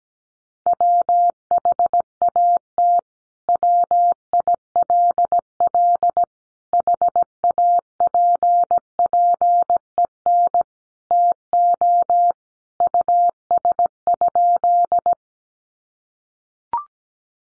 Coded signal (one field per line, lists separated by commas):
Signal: Morse code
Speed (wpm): 17 wpm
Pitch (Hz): 700 Hz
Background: none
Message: WHAT WILL HAPPEN TO US?